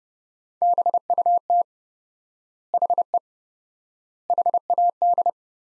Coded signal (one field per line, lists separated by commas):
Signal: Morse code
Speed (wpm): 32 wpm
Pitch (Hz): 700 Hz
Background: none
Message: BUT HE HAD